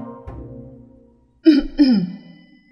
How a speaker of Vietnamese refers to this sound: Triệu Phổ cảm giác được ánh mắt vô cùng kinh ngạc và hoài nghi của mọi người, ho khan một tiếng, nghênh mặt giơ cao binh phù nói.